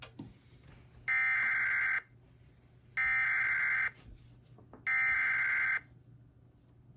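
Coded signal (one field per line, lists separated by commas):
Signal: Emergency Alert System (SAME) tones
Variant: header bursts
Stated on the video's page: Flash flood warning from LWX.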